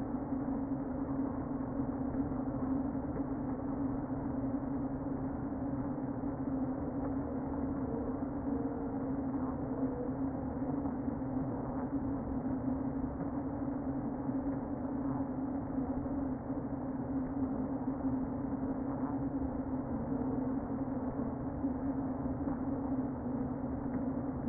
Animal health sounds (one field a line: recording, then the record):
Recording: honeybee colony, microphone inside the hive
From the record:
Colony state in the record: queen present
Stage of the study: before two queens were removed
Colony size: about 60,000 bees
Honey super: yes